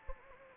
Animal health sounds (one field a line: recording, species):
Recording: mosquito wingbeat signal from an infrared sensor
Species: Anopheles gambiae